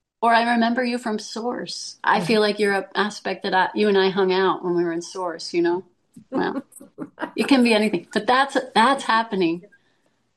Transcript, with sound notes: Or, "I remember you from source. I feel like you're a aspect that I, you and I hung out when we were in source, you know?"
(laughs)
Well, it can be anything. But that's, that's happening.